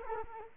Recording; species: mosquito wingbeat signal from an infrared sensor; Culex quinquefasciatus